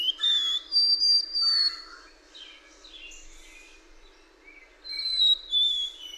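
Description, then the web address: Songbird whistling in bright phrases, sharp slurred notes and rapid chirps in two bursts separated by a softer, quieter stretch. "birdsong 17"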